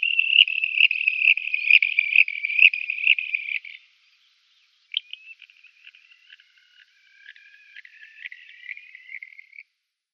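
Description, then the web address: Red-rumped wheatear song: a dense, scratchy, buzzing phrase lasting several seconds, then a pause and softer, broken twittering notes. "Schulze Peter Red-rumped Wheatear song"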